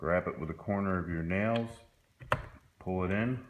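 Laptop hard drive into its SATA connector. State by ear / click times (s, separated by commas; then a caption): not seated / none. A Toshiba Satellite P775 laptop hard drive lies flat with its aluminum side up while someone talks; its corner is caught with a fingernail and it is pulled toward the white and black SATA connectors. A brief sharp tick is heard at 2.3 s during a pause in the talking. The drive has not seated or clicked into the connector yet.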